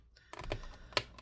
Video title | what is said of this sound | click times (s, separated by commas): Lenovo ThinkPad X1 Carbon Gen 11 Disassembly SSD Hard Drive Upgrade CMOS Battery Replacement Repair | Okay, you can hear that click, right? | 1.0 s